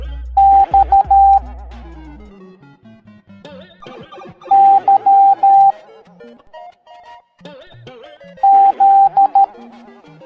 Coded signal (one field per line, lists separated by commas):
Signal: Morse code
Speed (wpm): 13 wpm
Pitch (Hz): 790 Hz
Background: music, radio noise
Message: X Y Z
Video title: Super Mario Teaching the Morse Code Alphabet Educational Video for Kids